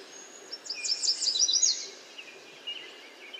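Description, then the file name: American yellow warbler song: one short, fast phrase of high, sweet, slurred notes lasting about a second, followed by faint softer chirps over light background hiss. "American Yellow Warbler Setophaga aestiva"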